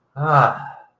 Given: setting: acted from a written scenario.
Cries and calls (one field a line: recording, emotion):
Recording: vocal sound without words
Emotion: relief